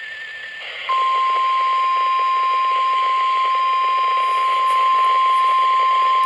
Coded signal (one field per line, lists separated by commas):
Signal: Emergency Alert System (SAME) tones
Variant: 1050 Hz attention tone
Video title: weekly test chanhassen from 5/25/22 EAS 367